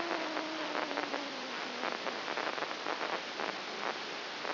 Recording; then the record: brain microelectrode recording played as sound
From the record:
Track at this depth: inside the subthalamic nucleus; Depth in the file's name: 2.802 mm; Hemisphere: right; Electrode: 2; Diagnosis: Parkinson's disease